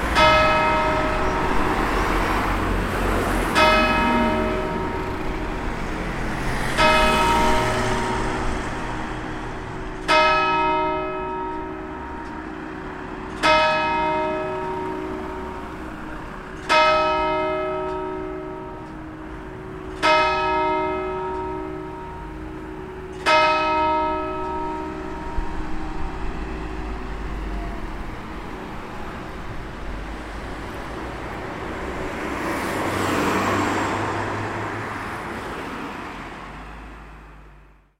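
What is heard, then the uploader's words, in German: A village church bell tolls about every three seconds for the first twenty-five seconds over steady traffic noise, then a vehicle passes. Dorfkirche vs. Verkehrslärm (Unterwössen, Chiemgau).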